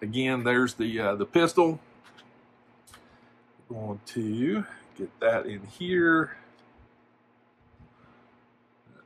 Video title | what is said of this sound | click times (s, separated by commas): McFarlane Toys Avatar Toys - Unboxing and Review | see I don't think that popping up just slaps snaps right in | 9.0 s